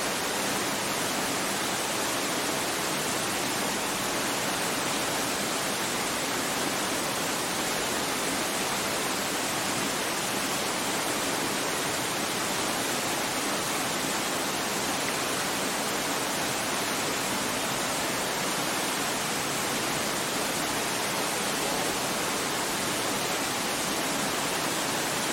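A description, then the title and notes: White noise plays as a constant, dense hiss that never changes over the whole stretch. It sounds bright and airy, like rushing water or static, with little low rumble underneath. No separate sounds or events break through. White Noise.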